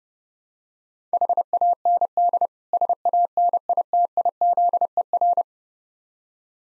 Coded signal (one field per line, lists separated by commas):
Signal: Morse code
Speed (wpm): 28 wpm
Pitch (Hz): 700 Hz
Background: none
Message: HAND SANITIZER